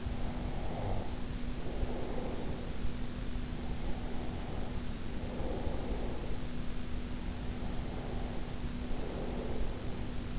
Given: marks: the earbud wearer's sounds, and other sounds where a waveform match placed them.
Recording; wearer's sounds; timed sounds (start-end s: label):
sounds in sleep by an in-ear microphone; snoring breath, breath
0.00-3.01 s: snoring breath
3.44-6.59 s: breath
7.15-10.39 s: breath